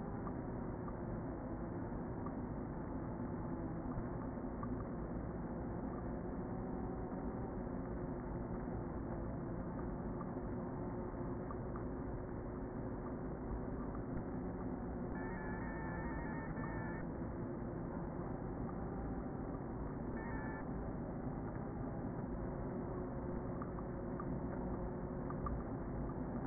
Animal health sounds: honeybee colony, microphone inside the hive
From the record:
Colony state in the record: queen present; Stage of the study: before two queens were removed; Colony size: about 60,000 bees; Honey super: yes

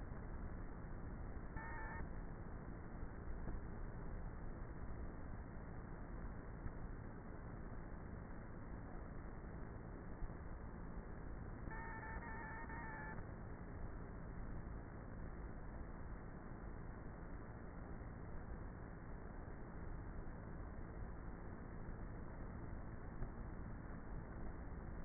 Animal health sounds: honeybee colony, microphone inside the hive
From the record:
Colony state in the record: queenless with a low population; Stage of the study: before two queens were removed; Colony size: about 30,000 bees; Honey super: no

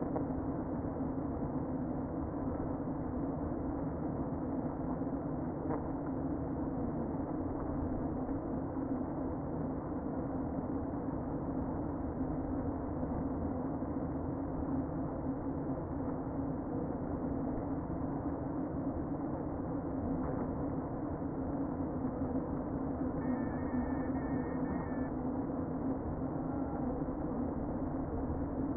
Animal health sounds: honeybee colony, microphone inside the hive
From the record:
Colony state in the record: queen present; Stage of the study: before two queens were removed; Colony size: about 60,000 bees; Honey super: yes

